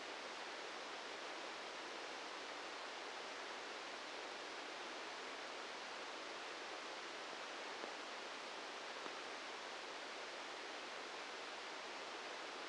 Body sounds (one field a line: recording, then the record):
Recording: brain microelectrode recording played as sound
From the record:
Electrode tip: outside the subthalamic nucleus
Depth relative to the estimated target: -4 mm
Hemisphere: right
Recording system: NeuroSet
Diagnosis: Parkinson's disease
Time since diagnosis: 13 years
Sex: male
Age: 63 years